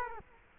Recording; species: mosquito wingbeat signal from an infrared sensor; Culex quinquefasciatus